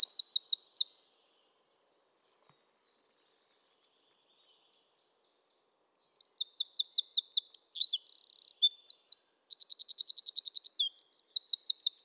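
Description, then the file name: Eurasian wren song: the end of one strophe, about five seconds of near silence, then a full loud high trilling, chattering song. "Troglodytes troglodytes"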